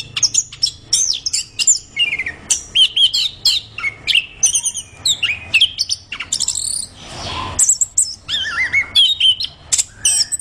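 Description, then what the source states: Orange-headed thrush singing in quick bursts of varied whistles, chips and twittering notes, with a short stretch of soft hissing noise after the midpoint. Singing vigorously and constantly.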